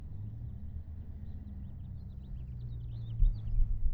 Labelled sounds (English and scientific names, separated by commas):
House Finch (Haemorhous mexicanus) song